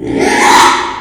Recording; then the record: squeal of a Yucatan mini pig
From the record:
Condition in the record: after surgery on the right vocal fold (resection and tissue-engineered implant); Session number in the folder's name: 4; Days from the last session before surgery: 42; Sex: male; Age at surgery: 12 weeks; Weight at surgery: 13 kg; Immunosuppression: cyclosporine, prednisolone